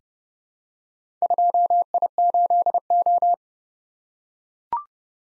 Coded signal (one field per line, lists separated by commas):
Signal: Morse code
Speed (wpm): 30 wpm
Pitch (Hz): 700 Hz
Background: none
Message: 2I8O